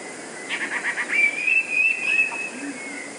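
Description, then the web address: Eurasian blue tit singing a quick series of sharp high notes that flows straight into a long, thin, whistled trill. "wroblowe teka 2 spiew. modraszkoteka"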